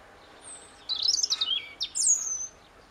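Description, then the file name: European robin song, a rapid varied phrase of high thin whistles, trills and falling notes, clear over a quiet background. "Erithacus rubecula"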